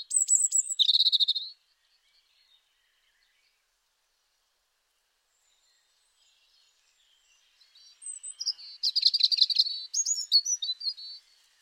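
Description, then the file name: European robin song: a short high whistle and warble at the start, a long silence, then a stretch of rapid, sparkling trills and thin whistles. "Erithacus rubecula"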